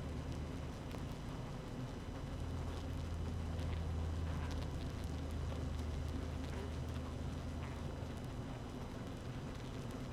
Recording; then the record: honeybee colony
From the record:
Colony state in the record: active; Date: 12 June 2018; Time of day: 7:35